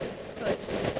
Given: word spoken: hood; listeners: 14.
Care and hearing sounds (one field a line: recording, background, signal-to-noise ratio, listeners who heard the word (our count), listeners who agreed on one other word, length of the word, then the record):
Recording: one English word in noise, from a listening test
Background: noise modulated by three-talker babble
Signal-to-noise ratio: -6.5 dB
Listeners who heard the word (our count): 2 of 14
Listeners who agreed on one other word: 7 of 14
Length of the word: 0.60 s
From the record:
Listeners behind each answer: 7, 2, 2, 1, 1, 1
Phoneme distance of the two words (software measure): 20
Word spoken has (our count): 1 syllable, 3 phonemes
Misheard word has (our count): 1 syllable, 3 phonemes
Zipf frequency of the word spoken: 3.95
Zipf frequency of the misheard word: 4.92